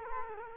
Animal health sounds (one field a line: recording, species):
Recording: mosquito wingbeat signal from an infrared sensor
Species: Culex quinquefasciatus